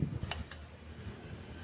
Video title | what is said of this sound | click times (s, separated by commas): ประกอบฝาสูบ HONDA CZ-i 110 | กดลงไปทีเดียวนะครับล็อคเรียบร้อยนะครับ | 0.3 s, 0.5 s